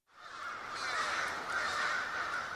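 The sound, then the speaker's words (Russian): A flock of crows perched in a ring around a forest clearing caws all at once, harsh, raspy calls overlapping into a steady, dense chorus that holds at a fairly loud level throughout, with no one speaking. “Раздавались довольные крики ворон, рассевшихся вокруг поляны черным кольцом.”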